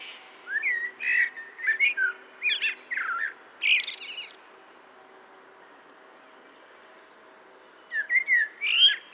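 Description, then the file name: Common blackbird song, with a run of mellow, slurred whistles and squeaky flourishes, then a long pause before another phrase begins. "Turdus merula"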